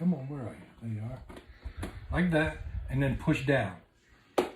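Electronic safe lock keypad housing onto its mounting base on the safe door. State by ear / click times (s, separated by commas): seated / 4.4 s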